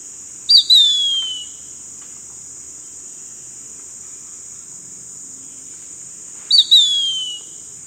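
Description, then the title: Bird calling: a sharp, high whistled note sweeping downward, given twice about six seconds apart, over a steady high-pitched buzzing drone. "LuckyKumpulan SuaraBurung"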